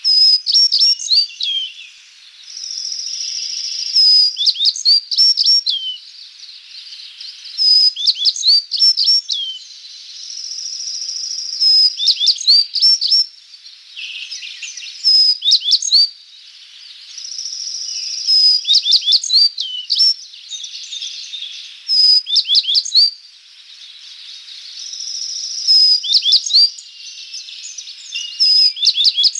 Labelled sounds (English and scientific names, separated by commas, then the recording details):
Tristram's Bunting (Emberiza tristrami) song
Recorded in the wild
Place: Tormasu (Umgebung), RU
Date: 1994-06-04
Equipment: Dat-Recorder Casio DA 7, Telinga DAT, Telinga-Parabolspiegel
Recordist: Schwarz, Dieter